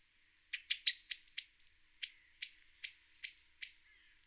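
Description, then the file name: Common blackbird giving sharp, clicking chink notes, about ten in quick succession, the later ones more evenly spaced. "Turdus merula"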